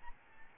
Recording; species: mosquito wingbeat signal from an infrared sensor; Aedes albopictus